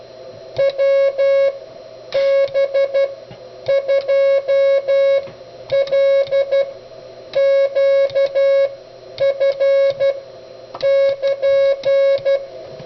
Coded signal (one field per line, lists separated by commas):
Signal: Morse code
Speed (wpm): 12 wpm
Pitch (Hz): 1650 Hz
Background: music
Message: WB2LQF <KN>